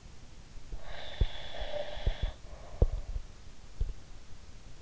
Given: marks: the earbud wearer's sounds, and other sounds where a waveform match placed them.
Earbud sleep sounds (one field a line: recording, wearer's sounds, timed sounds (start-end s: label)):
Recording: sounds in sleep by an in-ear microphone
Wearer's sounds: breath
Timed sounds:
0.67-3.30 s: breath